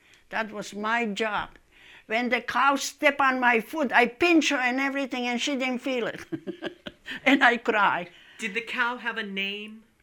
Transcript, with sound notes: That was my job. When the cow step on my foot, I pinch her and everything and she didn't feel it. (laughing) And I cry.
Did the cow have a name?